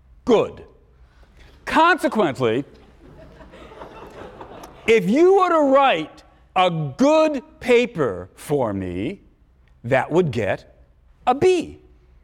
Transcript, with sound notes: good. Consequently, [laughter] if you were to write a good paper for me, that would get a B.